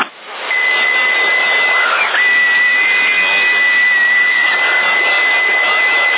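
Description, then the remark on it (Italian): A long, steady whistle comes through a hissy, band-limited CB radio channel in Sassari, holding one high pitch with slight wavers and a brief dip midway, loud over constant static with no talking. “Cosa cazzo stai fischiando, fischiati i coglioni?”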